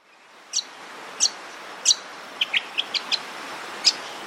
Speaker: The brown honeyeater's contact call is a melodious tsetse sound.